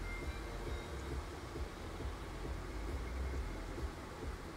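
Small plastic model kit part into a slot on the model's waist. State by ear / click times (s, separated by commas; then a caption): not seated / none. A small plastic part of a Gundam Gunner Zaku Warrior model kit is handled and pressed toward its slot on the model's waist, with only a steady low rumble and faint background noise audible. Nothing has seated or clicked yet.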